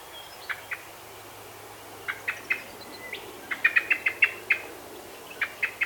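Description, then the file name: Common blackbird giving scattered hard chink notes, then a short rapid run in the middle, with faint high thin calls from another bird. "Turdus merula"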